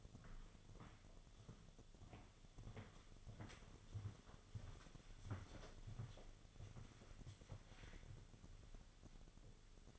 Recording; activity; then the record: daily activity, microphone in the room; walk to room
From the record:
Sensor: 4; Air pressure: 1000.8 hPa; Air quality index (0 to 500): 117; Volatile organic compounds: 1 ppm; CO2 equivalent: 887 ppm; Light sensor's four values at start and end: 64/159/67/72 and 59/145/62/66